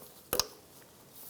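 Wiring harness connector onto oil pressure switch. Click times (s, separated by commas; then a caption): 0.3 s, 0.4 s. A wiring harness connector is pushed up onto the new oil pressure switch under the engine of a 2003-2007 Infiniti G35. Two sharp clicks sound at 0.3 s and 0.4 s as the connector seats and locks onto the switch, against quiet background noise.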